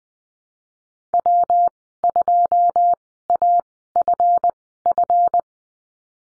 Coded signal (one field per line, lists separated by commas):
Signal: Morse code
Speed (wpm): 20 wpm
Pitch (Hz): 700 Hz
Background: none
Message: W2AFF